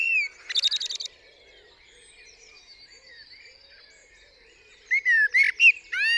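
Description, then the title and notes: Common blackbird: a fluted note and a fast buzzy trill, a quiet pause of nearly four seconds, then a run of clear sliding whistles. Singing on a studio roof, UK, 8 April 2020 around 7am during Covid-19 lockdown; recorded with a parabolic dish, MKH50 and MKH30 microphones in M/S and a Sonosax R4+ recorder. "Blackbird On A Still Morning. I would like to share this recording I made this morning on the 8th April 2020 around 7am. A Blackbird singing on the roof of my studio"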